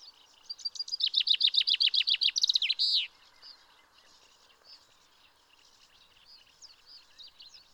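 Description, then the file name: Common chaffinch song, a short cascade of quick descending notes finishing with a flourish, then faint scattered chirps. "Fringilla coelebs"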